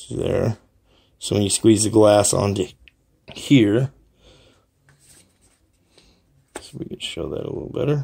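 A spare glass tank section is being squeezed onto the base of a Coil Master Monstruito Flying Saucer rebuildable dripping atomizer (RDA), a vape part. Someone talks while a few faint handling taps sound between the words. Nothing has seated or clicked yet.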